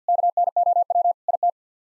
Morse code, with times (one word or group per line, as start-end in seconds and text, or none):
0.1-1.1 KNOW
1.3-1.5 IT